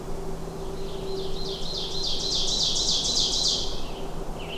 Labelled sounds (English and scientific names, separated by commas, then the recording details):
Ovenbird (Seiurus aurocapilla) song
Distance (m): 15 m
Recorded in boreal forest in Alberta, Canada, on 21 June 2016 at 08:10
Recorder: SongMeter 3, array SBT-6-76
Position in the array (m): 308 m, 94 m
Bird 1